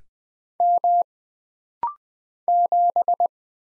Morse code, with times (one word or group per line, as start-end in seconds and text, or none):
0.6-1.0 M
2.5-3.3 7